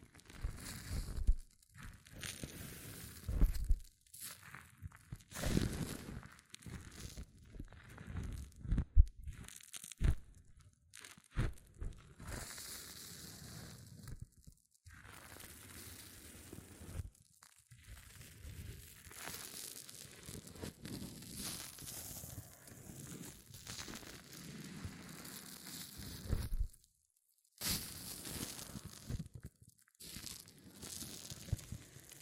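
Hair mousse fizzes and crackles in dense, irregular bursts of crisp, bright crinkling, like foam popping and being squeezed. Short silent gaps break it up every few seconds, and louder crunchy handling noises stand out near the start and around 9 and 27 seconds.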